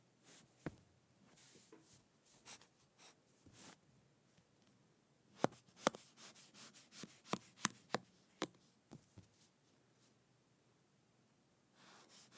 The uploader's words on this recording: ASMR Cutting up Kinetic Sand.